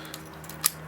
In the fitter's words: Okay, you'll hear it click in.